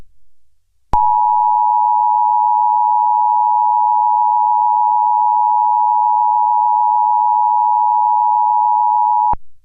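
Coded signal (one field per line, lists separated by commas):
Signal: Emergency Alert System (SAME) tones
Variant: 853 and 960 Hz attention tone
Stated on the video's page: Mock of Charter cable's 2011 National EAS Test, with genuine valid tones taken from an archived recording.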